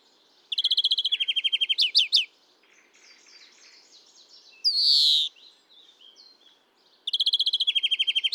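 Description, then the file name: European greenfinch song: a quick buzzy trill and twitter, a soft jumble of chatter, then a loud drawn-out wheeze, before the trill starts again. "Chloris chloris"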